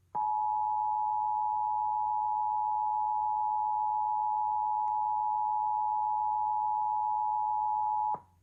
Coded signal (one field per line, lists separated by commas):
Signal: Emergency Alert System (SAME) tones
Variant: 853 and 960 Hz attention tone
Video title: Iowa EAS Required Monthly Test (November 6, 2019)